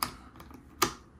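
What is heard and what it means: A second RAM module is pushed into its motherboard memory slot until it latches home. Two loud, sharp clicks are heard at 0.0 s and 0.8 s, with a few faint ticks in between. The stick ends up seated securely.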